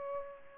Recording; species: mosquito wingbeat signal from an infrared sensor; Aedes aegypti